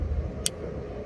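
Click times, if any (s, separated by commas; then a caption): 0.5 s. A Sebenza folding pocket knife, after six months of use, has its blade rolled open slowly and stiffly by hand until the steel frame-lock bar snaps in behind it. A single sharp, bright click at 0.5 s rises over a low, steady background rumble. The lock bar is seated behind the blade.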